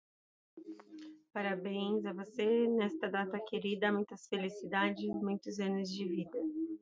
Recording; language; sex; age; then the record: short text; Brazilian Portuguese; female; 30 to 39 years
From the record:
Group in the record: control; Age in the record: 37 years